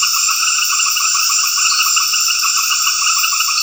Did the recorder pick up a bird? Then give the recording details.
no. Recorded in dense forest near Puerto Asís, Putumayo, Colombia, on 18 February 2024 at 20:00. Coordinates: 0.496, -76.326. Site G6383